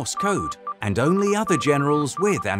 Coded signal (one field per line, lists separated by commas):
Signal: Morse code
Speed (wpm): 23 wpm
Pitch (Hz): 1180 Hz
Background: speech, music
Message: ME SOS